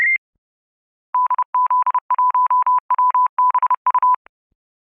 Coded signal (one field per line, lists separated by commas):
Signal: Morse code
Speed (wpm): 29 wpm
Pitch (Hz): 1000 Hz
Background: none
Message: DZ1WBU